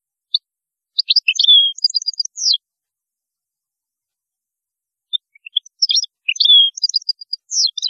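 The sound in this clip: European goldfinch song in two short bursts of high liquid twitters and slurred whistles, separated by a short silence.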